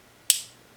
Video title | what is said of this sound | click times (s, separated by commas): How To: Clean and Lube Chris Reeve Sebenza | you want to pop it Loose you hear that snap | 0.3 s